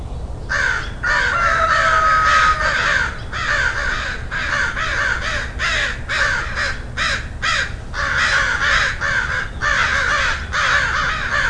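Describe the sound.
Crows cawing in a dense, overlapping chorus of harsh, raspy calls, several birds calling almost continuously, with a brief whistled note early on.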